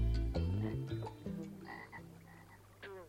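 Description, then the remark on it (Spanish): A very large toad croaks repeatedly, a run of deep, buzzy, resonant calls in an uneven rhythm, loud at first and easing slightly toward the end, with no voices present. “Lo atravesó nadando, como solo un gran sapo sabe hacerlo.”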